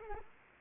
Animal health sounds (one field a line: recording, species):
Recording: mosquito wingbeat signal from an infrared sensor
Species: Anopheles arabiensis